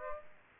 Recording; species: mosquito wingbeat signal from an infrared sensor; Aedes aegypti